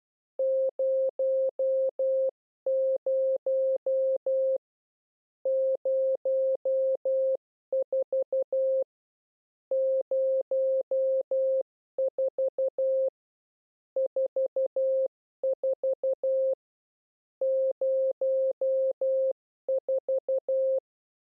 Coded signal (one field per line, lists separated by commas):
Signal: Morse code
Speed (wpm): 12 wpm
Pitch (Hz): 530 Hz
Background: none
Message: 00 04 04 44 04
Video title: How to Learn CW / Video #9 Group 2 / Characters 4 0